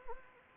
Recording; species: mosquito wingbeat signal from an infrared sensor; Anopheles arabiensis